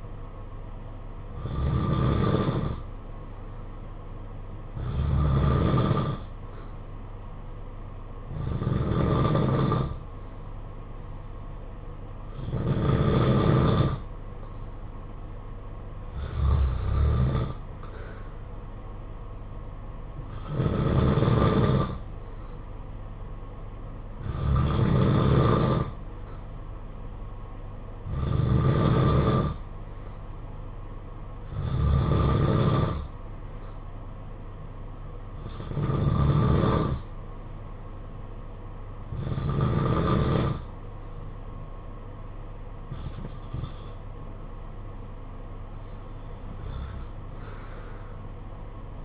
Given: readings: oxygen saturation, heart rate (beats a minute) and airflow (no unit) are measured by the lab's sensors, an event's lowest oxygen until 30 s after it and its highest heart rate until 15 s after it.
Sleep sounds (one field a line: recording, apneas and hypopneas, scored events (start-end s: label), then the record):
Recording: breathing in sleep by a smartphone at the bedside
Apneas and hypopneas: none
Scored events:
none scored
From the record:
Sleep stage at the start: N2 (light sleep)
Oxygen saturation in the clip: 91 to 93%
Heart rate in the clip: 51 to 56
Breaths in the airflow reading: 13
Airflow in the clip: -7.4 to 6.7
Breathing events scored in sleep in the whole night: 476 in 9.7 hours asleep